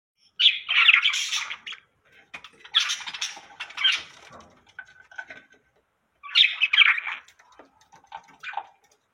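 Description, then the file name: Budgerigar chattering in three bursts of rapid, scratchy warbling notes mixed with squeaky chirps, with short quiet gaps between them. "budgie"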